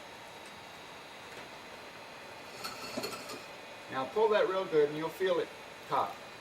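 Someone talks while the rear set trigger in a rifle's trigger mechanism is being handled, with the shooter told to pull the back setting trigger firmly. A faint steady background noise runs under the speech. Nothing has clicked or seated yet, so the set trigger has not engaged by the end of the clip.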